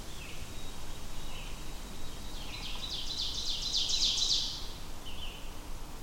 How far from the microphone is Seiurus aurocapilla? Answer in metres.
about 35 m